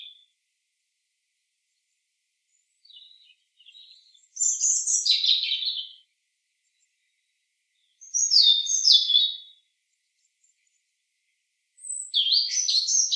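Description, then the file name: European robin song, soft quiet notes leading to bright, jangling phrases of rapid high twitters, repeated about every four seconds with silent gaps. "Erithacus rubecula"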